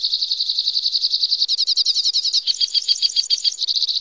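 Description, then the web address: White-winged crossbill singing a fast continuous trill, moving through several rattling and buzzy sections at slightly changing pitches, with no pauses throughout. Recorded in North America. "Songs of Birds of North America Stokes. White-winged Crossbill"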